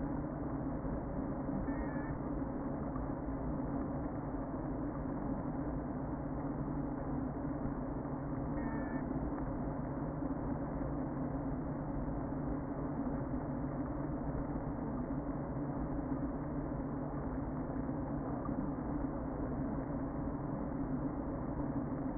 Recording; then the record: honeybee colony, microphone inside the hive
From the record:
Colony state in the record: queen present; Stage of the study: before two queens were removed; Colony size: about 60,000 bees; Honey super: yes